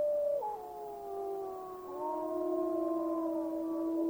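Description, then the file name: Wolf: wolves howling in chorus, several long, smooth, overlapping tones holding steady or sliding slowly, continuous throughout. Wolves, 11 January 2016. "yell-YELLWolves 20160111"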